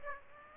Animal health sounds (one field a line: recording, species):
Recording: mosquito wingbeat signal from an infrared sensor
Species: Aedes aegypti